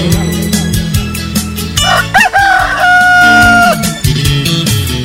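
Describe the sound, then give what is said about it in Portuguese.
A rooster crowing sound effect plays once over loud, thumping music during a live DJ set: a sharp rising call that settles into a long, steady held note before breaking off as the beat carries on. “Parceiro …, …. Aí, ….”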